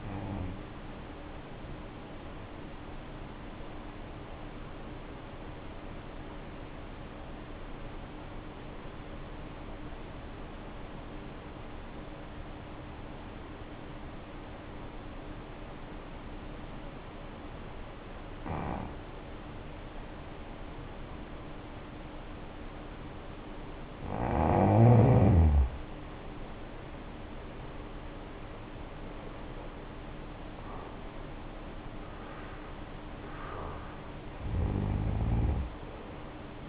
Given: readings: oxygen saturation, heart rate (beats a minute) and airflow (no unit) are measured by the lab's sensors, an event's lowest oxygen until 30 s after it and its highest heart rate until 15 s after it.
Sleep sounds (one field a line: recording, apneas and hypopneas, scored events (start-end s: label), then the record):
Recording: breathing in sleep by a voice recorder at the bedside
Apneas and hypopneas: 1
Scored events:
4.00-25.10 s: obstructive apnea (N1, oxygen 95% highest, then 79% lowest, heart rate 56 at the start, 71 highest)
7.00-36.69 s: new sleep stage, N2 (light sleep)
From the record:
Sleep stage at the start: N1 (lightest sleep)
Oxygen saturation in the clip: 75 to 95%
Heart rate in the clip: 56 to 71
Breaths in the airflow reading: 5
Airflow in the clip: -8.5 to 7.5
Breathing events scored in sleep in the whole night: 520 in 7.2 hours asleep